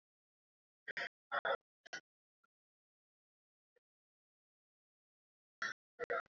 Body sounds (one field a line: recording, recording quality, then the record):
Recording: shallow breathing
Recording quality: poor, much background noise or distortion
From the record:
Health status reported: COVID-19 positive, mild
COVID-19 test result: positive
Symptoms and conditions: cough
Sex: male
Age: 30 years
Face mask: not worn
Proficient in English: yes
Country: India